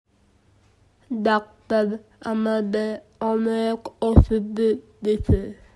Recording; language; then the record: elicited speech; Bengali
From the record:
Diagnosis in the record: Broca's or global aphasia after a stroke